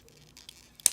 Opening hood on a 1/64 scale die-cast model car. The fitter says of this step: and pull it up, and you hear that click.